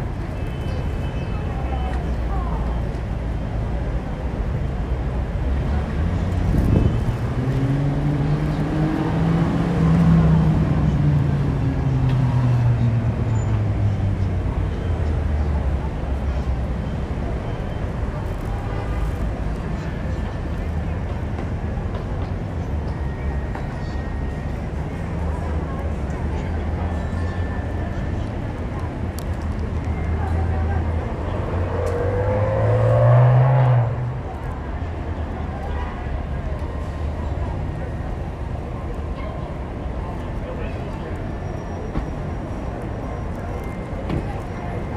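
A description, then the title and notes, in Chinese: Steady traffic rumble at Hsinchu train station, with engines swelling and passing around ten seconds and again near thirty-three seconds. Voices murmur faintly underneath, and the low hum continues evenly to the end. S4新竹火車站EP2路口。機械。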